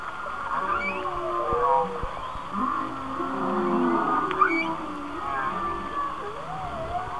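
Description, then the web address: Whale song, a dense tangle of overlapping moans and whistles bending in pitch, with a few short clicks. "Whale Songs Whale Songs"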